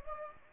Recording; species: mosquito wingbeat signal from an infrared sensor; Anopheles gambiae